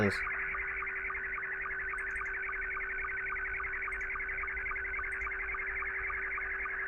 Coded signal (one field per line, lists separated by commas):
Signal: SSTV (slow-scan television)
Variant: Scottie 2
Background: speech